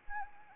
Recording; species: mosquito wingbeat signal from an infrared sensor; Anopheles arabiensis